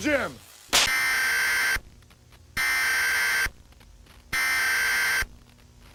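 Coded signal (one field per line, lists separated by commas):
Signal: Emergency Alert System (SAME) tones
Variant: header bursts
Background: speech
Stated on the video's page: Fictional EAS scenario.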